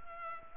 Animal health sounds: mosquito wingbeat signal from an infrared sensor; Culex pipiens

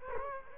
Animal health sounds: mosquito wingbeat signal from an infrared sensor; Culex quinquefasciatus

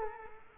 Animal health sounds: mosquito wingbeat signal from an infrared sensor; Culex quinquefasciatus

